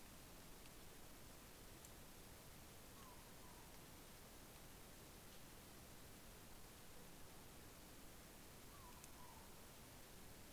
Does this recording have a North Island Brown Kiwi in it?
no